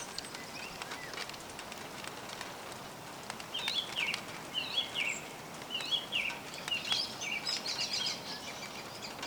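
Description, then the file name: Song thrush song: short, varied, slurred phrases delivered in quick bursts from about three and a half seconds on, over a steady background hiss with scattered faint clicks. Recorded in a garden on 10 March 2021. "Singdrossel am 10 März 2021 im Garten"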